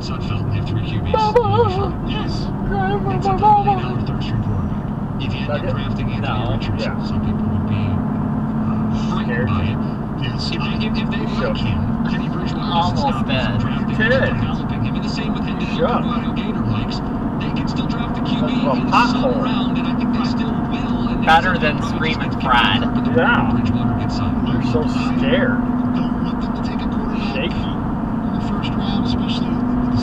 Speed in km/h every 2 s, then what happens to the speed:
66, 71, 71, 74, 76, 77, 82, 82, 84, 84, 84, 84, 84, 82, 84.
0-12 speeds up to 82. 12-30 steady at about 84.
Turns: none.